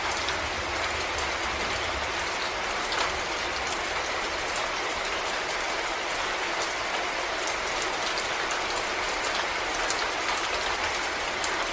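Steady, dense rain pours onto a terrace, a constant hiss packed with countless drops tapping on hard surfaces. A faint low rumble sits underneath throughout, and the level hardly changes across the twelve seconds.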